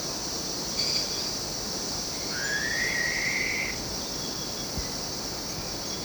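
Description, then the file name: Black-faced pitta calling with one long, smoothly rising whistle, backed by a continuous high-pitched insect chorus. "pitta anerythra"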